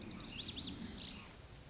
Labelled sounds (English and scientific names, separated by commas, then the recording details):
Lazuli Bunting (Passerina amoena)
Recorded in Sonoma County, California